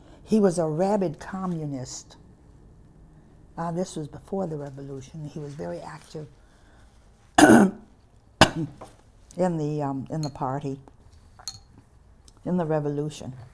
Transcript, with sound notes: He was a rabid Communist. This was before the Revolution. He was very active (clears throat) in the Party. In the Revolution.